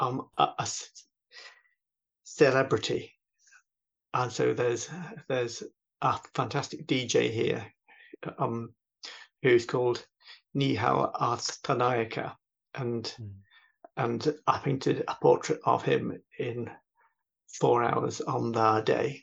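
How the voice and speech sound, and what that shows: Adult man speaks with a stammer: drawn-out sounds, repeated words and silent blocks within phrases, typical of stuttering.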